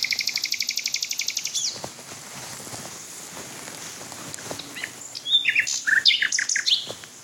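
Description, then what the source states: Common Nightingale opening with a fast regular rattling series of repeated notes, then a pause and varied whistled sweeps and trills. Singing male heard from closer range as the recordist approaches; song described as having beating, fluting, tumbling and sobbing elements.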